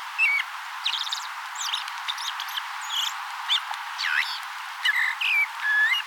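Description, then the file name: Common blackbird, a quick series of short chirps, rising and falling whistled notes and buzzy phrases, fairly loud and closely spaced. "Turdus merula"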